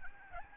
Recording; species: mosquito wingbeat signal from an infrared sensor; Aedes albopictus